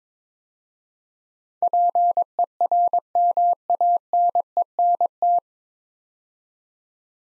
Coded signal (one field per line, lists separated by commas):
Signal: Morse code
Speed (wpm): 22 wpm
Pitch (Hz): 700 Hz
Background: none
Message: PERMANENT